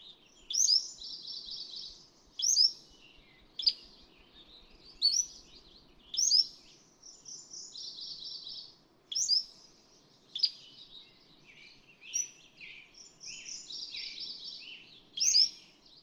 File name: Cordilleran Flycatcher